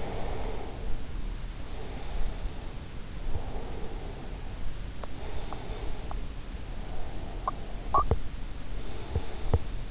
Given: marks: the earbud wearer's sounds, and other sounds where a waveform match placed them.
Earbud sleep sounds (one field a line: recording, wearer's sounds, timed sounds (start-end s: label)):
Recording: sounds in sleep by an in-ear microphone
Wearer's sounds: breath, swallowing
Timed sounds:
0.00-0.90 s: breath
7.17-8.98 s: swallowing